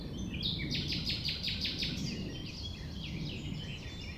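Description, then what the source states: Common nightingale song, a fast series of harsh repeated notes, followed by quieter chattering phrases over a low background rumble. Recorded at 6 a.m. at sunrise near the Thève, Champ de Ménage; the nightingale sings without waiting for silence.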